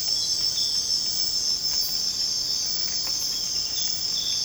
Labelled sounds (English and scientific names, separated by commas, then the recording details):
none
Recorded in secondary vegetation near Puerto Asís, Putumayo, Colombia, on 12 March 2025 at 05:00
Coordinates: 0.485, -76.322
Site G040